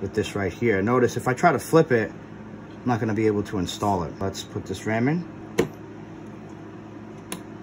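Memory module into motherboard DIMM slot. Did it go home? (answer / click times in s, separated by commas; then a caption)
yes / 5.6 s, 7.3 s. Someone talks over a low steady hum while a DDR4 memory stick, lined up with the notch, is pushed down into a motherboard DIMM slot. Sharp clicks of the slot clips are heard at 5.6 s and 7.3 s, and the module is seated.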